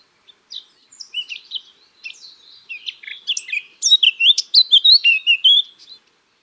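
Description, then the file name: Eurasian blackcap song: soft scratchy twittering that builds into a loud, clear fluty flourish of rapid notes. "Sylvia atricapilla"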